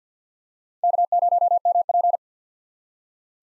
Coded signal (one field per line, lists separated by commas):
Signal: Morse code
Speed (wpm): 50 wpm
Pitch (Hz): 700 Hz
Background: none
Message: K0MP